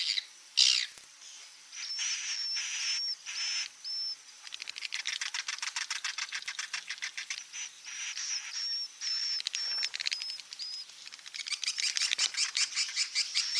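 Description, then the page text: Swiftlet chatter: fast clicking twitters with a series of short, high, level whistles repeated in runs. Roosting ('inap') lure call played to attract swiftlets to swiftlet houses. "Suara Burung Walet sufar sinar 77 Suara Panggil, Suara Inap Dan Tarik. INAP BJA"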